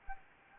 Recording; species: mosquito wingbeat signal from an infrared sensor; Anopheles gambiae